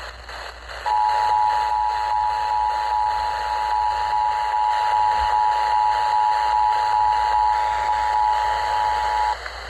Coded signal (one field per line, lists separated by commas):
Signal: Emergency Alert System (SAME) tones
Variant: 853 and 960 Hz attention tone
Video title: Severe Thunderstorm Warnings SE Georgia — EAS Alert Capture | EAS #343-344 (6/23/2026)